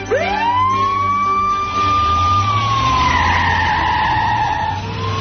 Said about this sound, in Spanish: Bueno, pero ¿esto qué es? Sirenas, policía, ladridos.